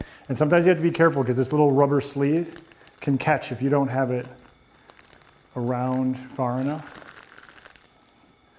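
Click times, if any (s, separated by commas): 7.7 s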